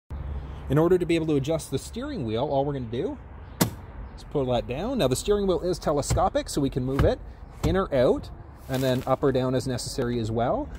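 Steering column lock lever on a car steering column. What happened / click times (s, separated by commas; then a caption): The adjustment lever released with a sharp clunk / 3.6 s. On a 2020 Ford Escape SEL, the steering column lock lever is pulled down to unlock the tilt and telescopic steering wheel adjustment. A sharp, short hit sounds at 3.6 s as the lever releases, while someone talks before and after. The lever is released.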